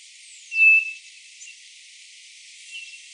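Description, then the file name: White-bellied nothura call: one brief, steady, high-pitched whistle, followed by two faint short notes; soft background chirping and hiss. "nothura boraquira"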